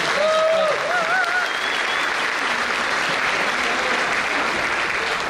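Steady audience applause for a priest fills the whole stretch, a dense, even wash of many hands clapping at a fairly loud level, with a few thin whistle-like tones rising over it near the start.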